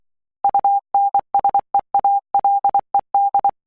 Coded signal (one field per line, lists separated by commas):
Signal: Morse code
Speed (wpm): 24 wpm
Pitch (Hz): 800 Hz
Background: none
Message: UNSEALED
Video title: Morse Code Practice 4 - 'V' 'L' 'F' 'P' 'J'